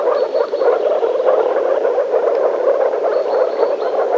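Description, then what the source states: Dense frog chorus, a constant rattling croak throughout with a faint thin whistle now and then. Frogs in a forest.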